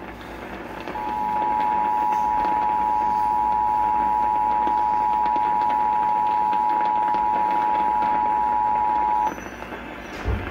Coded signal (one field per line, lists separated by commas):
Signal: Emergency Alert System (SAME) tones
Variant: 853 and 960 Hz attention tone